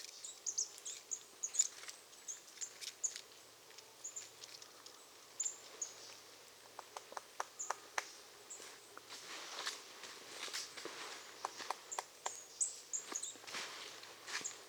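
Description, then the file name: Marsh tit giving scattered thin, high-pitched call notes amid frequent dry clicks and crackling taps. "Poecile palustris"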